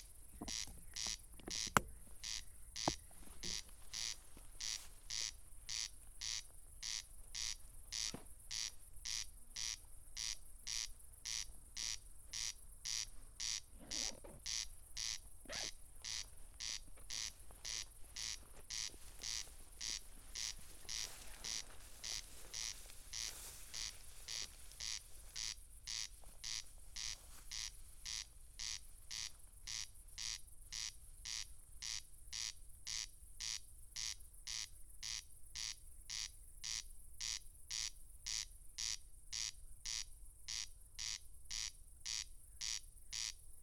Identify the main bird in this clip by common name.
Corn Crake